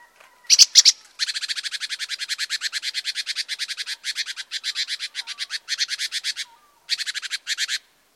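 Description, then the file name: Great tit churr: a long, rapid, scolding rattle of buzzy notes running for several seconds, broken several times, preceded by two sharp loud notes. "Parus major"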